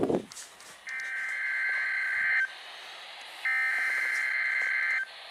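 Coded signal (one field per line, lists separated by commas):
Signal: Emergency Alert System (SAME) tones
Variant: header bursts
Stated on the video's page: EAS tones for a Special Marine Warning.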